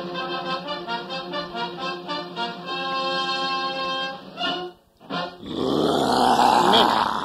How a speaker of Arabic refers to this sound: إنه مجرد تسجيل لصوت أسد يزأر.